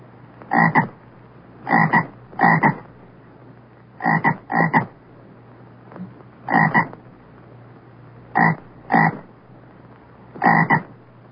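Frog croaking: short rasping croaks, some in pairs, repeated every one to two seconds over a faint steady background hum.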